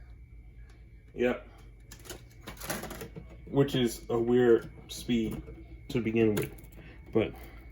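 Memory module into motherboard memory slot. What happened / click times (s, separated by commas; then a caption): Handled, not yet home: the memory stick has not clicked into its slot / none. A RAM stick (memory module) is handled over a motherboard memory slot while someone talks, with a few brief handling sounds around 1.9 to 2.7 seconds. Nothing has seated or clicked yet; the module is not yet home in the slot.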